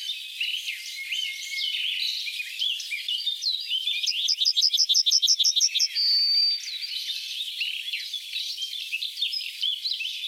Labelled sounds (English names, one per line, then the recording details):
Yellowhammer song
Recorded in the wild
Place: Merdingen bis Ihringen / Kaiserstuhl, Baden-Württemberg, DE
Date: 1987-05-03
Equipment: Alparon-Reflektor
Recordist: Schwarz, Dieter